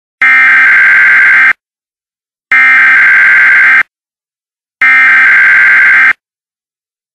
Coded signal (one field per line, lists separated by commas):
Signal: Emergency Alert System (SAME) tones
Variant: header bursts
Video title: EAS Required Monthly Test (Nov. 2007)